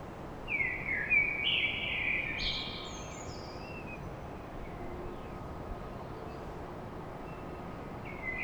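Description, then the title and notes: Common blackbird song: a fluted, warbling phrase that rises into a thin high twitter. A shorter phrase starts near the end, over constant low noise. Blackbird song at dawn in Paris. "Blackbird Poetry At Paris On. Enregistrement d'un chant de merle à l'aube dans Paris"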